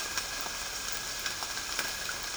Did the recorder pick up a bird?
no